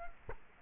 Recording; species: mosquito wingbeat signal from an infrared sensor; Culex quinquefasciatus